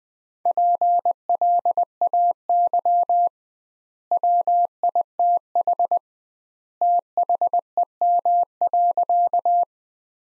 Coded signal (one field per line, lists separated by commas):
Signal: Morse code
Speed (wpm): 20 wpm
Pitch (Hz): 700 Hz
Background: none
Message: PLAY WITH THEM.